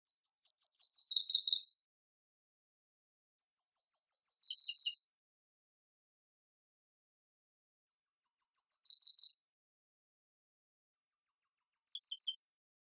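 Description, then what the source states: Small birds singing: four bright, high trilled phrases, each a run of sharp notes lasting under two seconds, repeated every few seconds with silence between. Beautiful, gentle singing of small birds, offered as a morning wake-up alarm tone.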